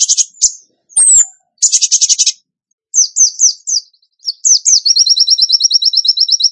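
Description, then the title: Bird song mixing buzzy trills, a sharp descending whistle and slurred chips, finishing in a long fast series of repeated high notes. Masteran training recording for songbirds, in the tembakan gacor song style. "Masteran Burung Tembakan Gacor"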